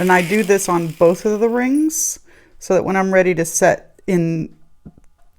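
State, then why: Seated. Someone talks, then a soldered silver jump ring is pressed between the bent wire prongs of a gemstone basket setting. It is held by tension and pops into place with a faint click at 5.0 s, seated.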